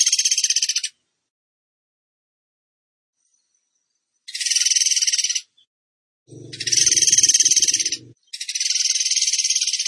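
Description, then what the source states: Bird trilling in fast, high, rattling bursts, four in all, with a low rumbling noise during the third. Masteran song in the tembakan gacor style.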